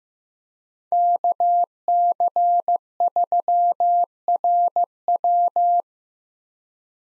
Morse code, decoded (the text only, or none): KC3RW